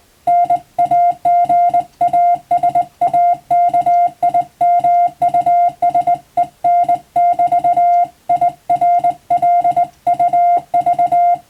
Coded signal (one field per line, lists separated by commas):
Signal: Morse code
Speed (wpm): 20 wpm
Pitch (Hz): 700 Hz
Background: music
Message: NAGASAKIMUSEN <BT> IRLUV